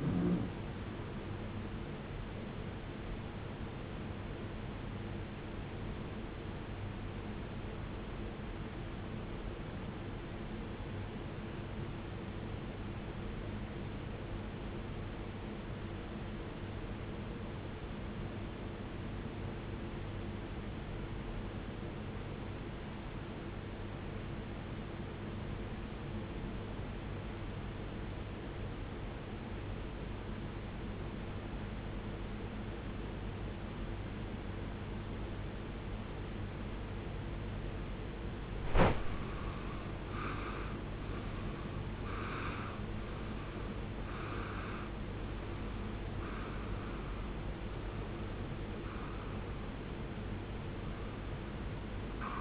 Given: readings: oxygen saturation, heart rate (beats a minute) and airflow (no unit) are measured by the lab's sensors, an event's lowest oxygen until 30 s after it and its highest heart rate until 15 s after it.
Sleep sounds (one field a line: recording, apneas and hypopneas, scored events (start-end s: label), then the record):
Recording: breathing in sleep by a voice recorder at the bedside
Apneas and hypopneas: 1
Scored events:
9.00-40.10 s: obstructive apnea (N1, oxygen 96% highest, then 90% lowest, heart rate 59 at the start, 73 highest)
12.00-42.00 s: new sleep stage, N2 (light sleep)
42.00-52.41 s: new sleep stage, N1 (lightest sleep)
From the record:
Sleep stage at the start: N1 (lightest sleep)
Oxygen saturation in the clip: 92 to 96%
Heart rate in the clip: 44 to 73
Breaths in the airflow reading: 6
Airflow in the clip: -18.7 to 17.8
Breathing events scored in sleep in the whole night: 389 in 6.3 hours asleep